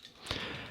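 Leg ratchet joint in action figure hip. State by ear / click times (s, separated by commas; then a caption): seated / 0.1 s, 0.3 s. The plastic legs of a transforming robot action figure are straightened, and the ratchet joint at the hip and knee is moved two clicks in. A soft click comes at 0.1 s and a sharper, louder click at 0.3 s. The joint seats into position.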